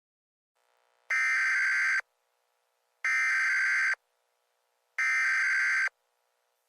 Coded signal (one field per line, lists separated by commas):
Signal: Emergency Alert System (SAME) tones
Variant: header bursts